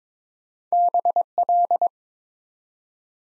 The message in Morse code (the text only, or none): BL